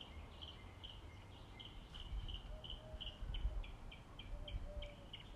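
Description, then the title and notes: Birds chirping with a series of thin, high notes, fairly faint over low rumbling background noise. Birds singing in the morning. "birds 🐦 singing. Good Morning"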